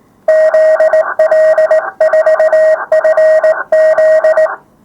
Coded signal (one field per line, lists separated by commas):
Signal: Morse code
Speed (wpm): 18 wpm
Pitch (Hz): 630 Hz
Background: radio noise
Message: ZL4FZ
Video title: 974. Morse Code part 2 of 3. 15m53s